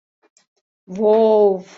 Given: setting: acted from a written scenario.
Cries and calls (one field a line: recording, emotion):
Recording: vocal sound without words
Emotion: adoration